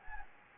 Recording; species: mosquito wingbeat signal from an infrared sensor; Anopheles gambiae